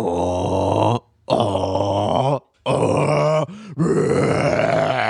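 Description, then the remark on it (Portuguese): A man's voice imitates loud snoring with rough, guttural, rumbling groans in four long bursts separated by short pauses, each harsh and growly, with no words spoken. “O bicho parecia um caminhão mesmo, cara. Ele começava...”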